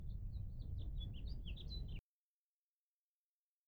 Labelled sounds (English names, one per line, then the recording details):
House Finch song
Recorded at Hewlett Harbor on Long Island, New York, on 10 June 1975
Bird B